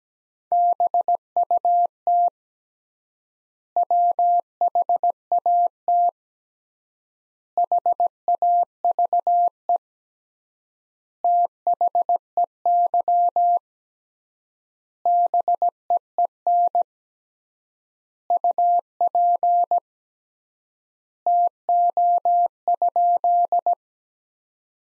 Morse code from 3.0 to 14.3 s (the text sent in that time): WHAT HAVE THEY